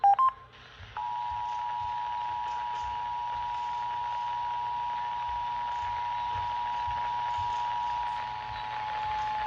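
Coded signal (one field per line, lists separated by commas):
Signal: Emergency Alert System (SAME) tones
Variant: 853 and 960 Hz attention tone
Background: music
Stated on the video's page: Child abduction emergency heard on FM broadcast stations, the Washington State EAS relay network on 155.475 MHz and NOAA Weather Radio on 162.550 MHz.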